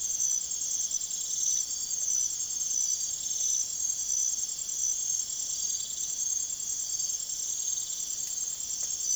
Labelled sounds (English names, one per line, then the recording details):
none
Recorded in secondary vegetation near Puerto Asís, Putumayo, Colombia, on 23 June 2025 at 01:30
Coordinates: 0.489, -76.322
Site G021